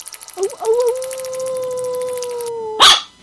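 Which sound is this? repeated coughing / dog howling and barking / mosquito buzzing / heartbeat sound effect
dog howling and barking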